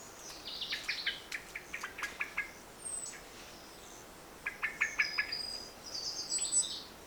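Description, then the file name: Common blackbird uttering two quieter strings of clipped chink notes, mixed with high thin calls and short trills of other birds. "Turdus merula"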